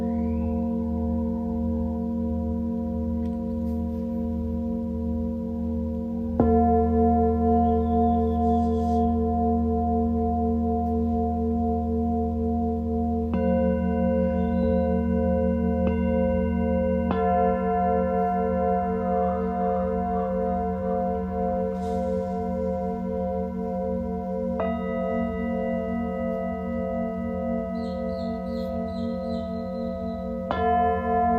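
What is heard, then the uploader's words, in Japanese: Singing bowls ring in a sound-healing session, their long humming tones layered and sustained throughout. New strikes land around 6, 13, 17, 25 and 31 seconds, each adding a fresh bright ring over a deep steady drone. Faint higher chimes flicker in the background. メキシコから シンギングボウルのサウンドヒーリング ライブ。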